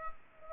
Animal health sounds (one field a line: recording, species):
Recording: mosquito wingbeat signal from an infrared sensor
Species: Culex pipiens